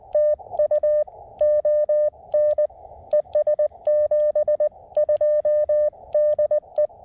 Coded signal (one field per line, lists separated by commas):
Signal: Morse code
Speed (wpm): 20 wpm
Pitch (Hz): 1200 Hz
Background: none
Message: TU ON ES 72 DE